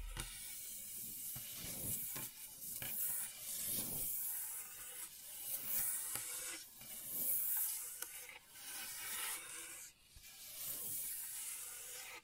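Gentle scratching with a soft, hissy rubbing texture, steady and dense, swelling and easing in slow strokes every couple of seconds.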